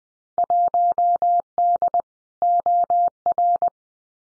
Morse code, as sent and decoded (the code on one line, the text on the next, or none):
.---- -.. / --- .-.
1D OR